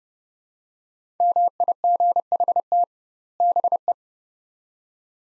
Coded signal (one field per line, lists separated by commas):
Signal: Morse code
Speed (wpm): 32 wpm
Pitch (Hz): 700 Hz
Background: none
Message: MIGHT BE